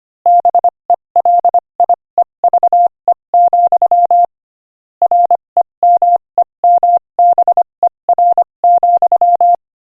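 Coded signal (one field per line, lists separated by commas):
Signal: Morse code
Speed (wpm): 26 wpm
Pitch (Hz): 700 Hz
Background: none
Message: BELIEVE, REMEMBER,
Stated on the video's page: Morse code listening practice at 25 wpm, inspirational quotation.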